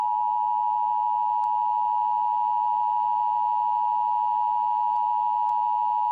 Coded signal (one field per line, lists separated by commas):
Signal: Emergency Alert System (SAME) tones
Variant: 853 and 960 Hz attention tone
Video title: EAS Scenario 23: Black hole (March 1st! special)